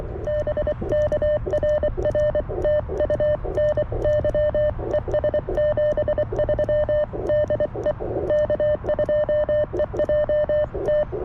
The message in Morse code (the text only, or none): BK RR TU NY ES 73 DE K2EJT